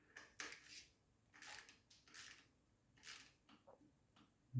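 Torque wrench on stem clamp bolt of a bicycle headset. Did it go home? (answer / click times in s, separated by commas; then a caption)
yes / 0.4 s. A torque wrench set to 6 Nm tightens a stem clamp bolt on a bicycle headset, and its head breaks over with a sharp click at 0.4 s as the set torque is reached. Several shorter metallic ratcheting and tapping sounds follow, and the bolt is confirmed at torque.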